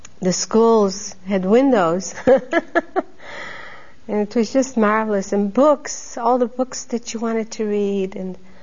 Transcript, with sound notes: the schools had windows. ( she laughs ) And it was just marvelous. And books! All the books that you wanted to read, and